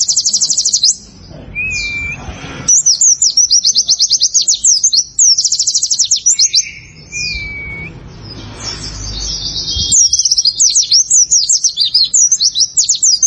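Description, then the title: Prinia song of quick, high, sharply repeated notes forming buzzy trills, separated by pauses and an occasional lower whistled note. "Ciblek Sawah"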